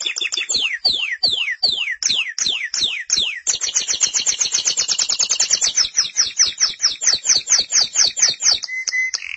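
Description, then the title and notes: Canary song: slow descending whistled sweeps that speed up into a fast, dense chattering trill, finishing with a short steady whistle. "BM Suara Kenari. BM Suara Burung Kenari"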